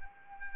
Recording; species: mosquito wingbeat signal from an infrared sensor; Anopheles arabiensis